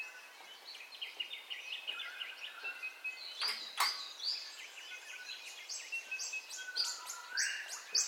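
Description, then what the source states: Birds singing in a dense dawn chorus: many overlapping high whistles, trills and sharp chirps, with clicking notes midway and a rising whistle near the end. Dawn ambience of bird calls, recorded in stereo.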